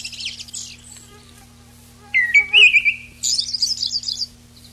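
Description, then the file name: Eyebrowed thrush song: high twittering, then a level, warbled whistle, followed by a rapid high twittering trill. A steady low hum runs underneath. Recorded 19 June 1991. "19 06 91 Tobscurus IIIa"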